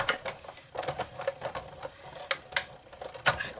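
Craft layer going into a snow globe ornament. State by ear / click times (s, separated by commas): not seated / none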